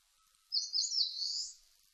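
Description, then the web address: Eastern crowned warbler song: a single high, buzzy, slurred phrase of about one second. Recorded 19 April 2005. "2005 050419 sendaimusikui"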